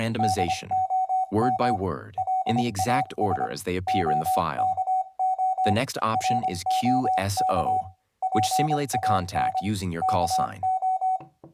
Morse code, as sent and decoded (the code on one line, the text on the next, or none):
-.. --- -- / .-.. .- ... / --- -.- --- / .-. --- -.- / .--. .- -. / -.- ---
DOM LAS OKO ROK PAN KO